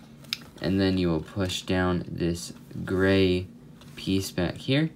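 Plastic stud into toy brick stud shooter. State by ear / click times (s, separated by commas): seated / 0.3 s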